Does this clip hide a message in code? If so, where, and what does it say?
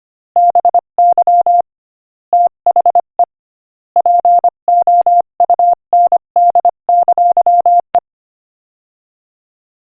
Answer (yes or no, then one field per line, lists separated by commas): yes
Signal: Morse code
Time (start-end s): 0.4-8.0 s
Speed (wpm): 24 wpm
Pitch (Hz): 700 Hz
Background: none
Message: BY THE POUND! E